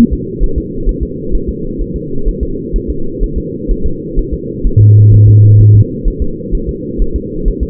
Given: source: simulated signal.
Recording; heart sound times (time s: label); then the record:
fetal heart sounds
0.13 s: S2
0.44 s: S1
0.58 s: S2
0.89 s: S1
1.03 s: S2
1.35 s: S1
1.49 s: S2
1.81 s: S1
1.96 s: S2
2.28 s: S1
2.43 s: S2
2.76 s: S1
2.90 s: S2
3.23 s: S1
3.38 s: S2
3.71 s: S1
3.86 s: S2
4.19 s: S1
4.34 s: S2
4.67 s: S1
4.81 s: S2
5.14 s: S1
5.28 s: S2
5.61 s: S1
5.75 s: S2
6.08 s: S1
6.22 s: S2
6.55 s: S1
6.69 s: S2
7.02 s: S1
7.16 s: S2
7.48 s: S1
7.63 s: S2
From the record:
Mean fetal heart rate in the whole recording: 130 bpm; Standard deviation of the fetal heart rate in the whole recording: 4 bpm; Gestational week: 38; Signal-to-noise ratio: -8.1 dB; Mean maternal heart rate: 72 bpm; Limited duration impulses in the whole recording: present